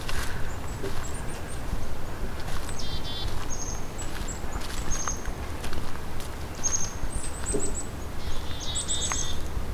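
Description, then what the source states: Black-capped Chickadee calls, many high thin notes and a few buzzy dee notes scattered through, over a steady low background rumble. A large group of black-capped chickadees.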